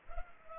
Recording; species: mosquito wingbeat signal from an infrared sensor; Culex pipiens